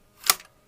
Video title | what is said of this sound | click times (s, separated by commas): Polaroid Model 800 Land Camera - How to operate | take the tab right here and pull forward until that snaps | 0.3 s